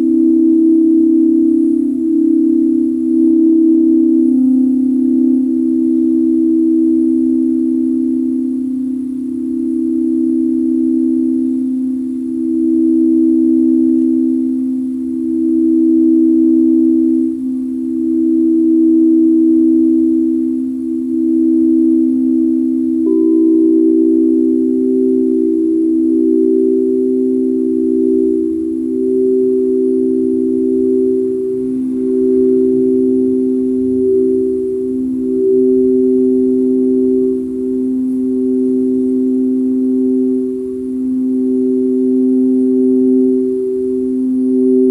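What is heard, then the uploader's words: Singing bowls hum in a steady, sustained low-mid drone, their tones shifting slightly around 23 seconds, with soft recurring swells and little else. Singing Bowls. The resonating sounds of the ancient instruments.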